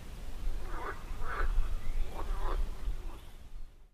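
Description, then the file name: Frogs croaking in chorus, several short rasping croaks over a low rumble of background noise. "Froschkonzert - frogs concert"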